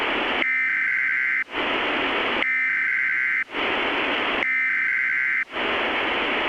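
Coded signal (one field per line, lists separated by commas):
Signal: Emergency Alert System (SAME) tones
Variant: header bursts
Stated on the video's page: Simulated EAS alert mock made largely with EASyKIT material; contains a very loud scene.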